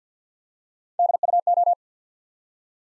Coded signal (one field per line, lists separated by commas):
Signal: Morse code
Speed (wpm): 49 wpm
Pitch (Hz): 700 Hz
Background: none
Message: D U O